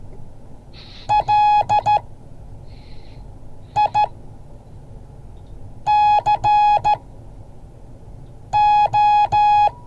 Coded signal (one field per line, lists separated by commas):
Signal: Morse code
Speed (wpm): 14 wpm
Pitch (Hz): 840 Hz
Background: none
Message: LICO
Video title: Morse code class 2023-01-20